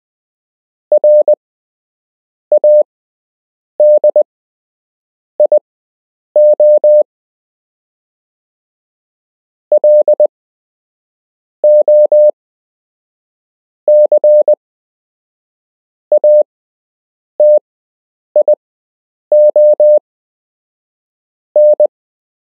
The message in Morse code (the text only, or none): RADIO LOCATION